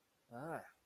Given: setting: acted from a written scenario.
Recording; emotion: vocal sound without words; negative surprise